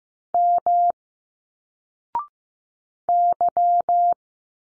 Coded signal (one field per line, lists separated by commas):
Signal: Morse code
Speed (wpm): 15 wpm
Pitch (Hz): 700 Hz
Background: none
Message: M Y